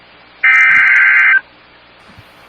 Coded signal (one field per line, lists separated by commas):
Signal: Emergency Alert System (SAME) tones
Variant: header bursts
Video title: Chaotic Hiatus Hellstorm... EAS Alerts from 5/25/20-6/3/20 (EAS #14-26)